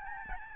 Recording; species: mosquito wingbeat signal from an infrared sensor; Aedes albopictus